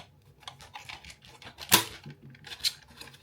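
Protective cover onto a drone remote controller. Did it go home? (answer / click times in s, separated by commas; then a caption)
yes / 1.7 s. A DGBAY 2-in-1 plastic protective cover with a sun hood is slipped onto a DJI RC2 drone remote controller and pressed down, giving light plastic taps and scraping. It snaps into place with a sharp, loud click at 1.7 s, followed by a few quieter handling clicks. The cover is seated on the controller.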